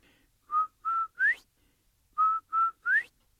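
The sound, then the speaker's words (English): A whistle, Quail's whistle in a told story, is blown in two matching phrases of three notes each: two short, steady mid-pitched tones followed by a brighter note that slides upward, with a brief pause between phrases. “Give me my whistle back.”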